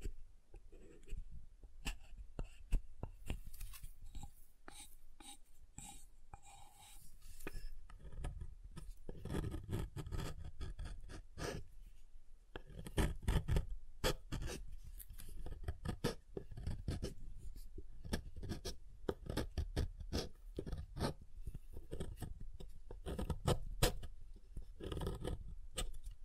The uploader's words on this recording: ASMR SoftHard Soap Tapping and Carving (No Talking).